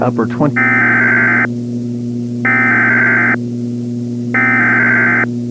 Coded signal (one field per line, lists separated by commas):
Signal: Emergency Alert System (SAME) tones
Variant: header bursts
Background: speech